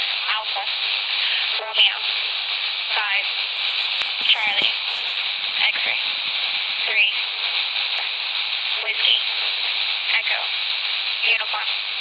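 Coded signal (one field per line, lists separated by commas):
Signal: numbers station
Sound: short, evenly spaced spoken words through heavy shortwave hiss, about nine in twelve seconds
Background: radio static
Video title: Spy Numbers 2014.09.28- on 8.992MHz USB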